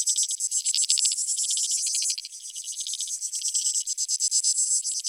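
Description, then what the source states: Shrill insect chorus of rapid ticking pulses, loud for two seconds, then softer, with distinct trill bursts coming back near the end. Creek insects; field recordings made in 2011 in Australia or Portugal for a collaborative soundwork, some recordings left unaltered and others processed.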